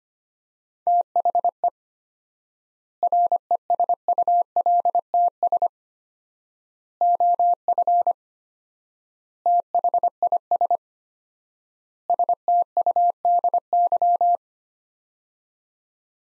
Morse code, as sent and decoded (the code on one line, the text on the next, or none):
- .... . / .-. . ... ..- .-.. - ... / --- ..-. / - .... .. ... / ... - ..- -.. -.--
THE RESULTS OF THIS STUDY